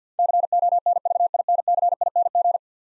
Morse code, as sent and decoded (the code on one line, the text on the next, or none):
-.-. --- -. ...- .. -. -.-. .. -. --.
CONVINCING